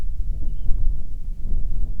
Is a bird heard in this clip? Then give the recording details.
yes. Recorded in the Prudhoe Bay oil fields, Alaska, on 7 August 2019 at 05:55. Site 13